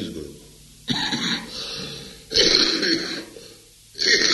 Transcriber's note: coughing